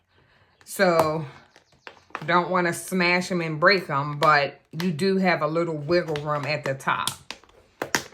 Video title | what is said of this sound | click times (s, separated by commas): Craft Supply Unboxing & Organizing! | And it did go on in. It did snap. I heard one side snap. | 8.0 s